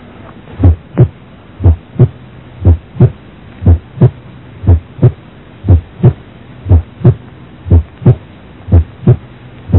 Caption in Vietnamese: Khi TR từ 18% giây đến 20% giây, cường độ tiếng thứ nhất yếu đi và tiếng thứ hai nghe mạnh hơn.